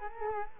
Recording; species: mosquito wingbeat signal from an infrared sensor; Culex quinquefasciatus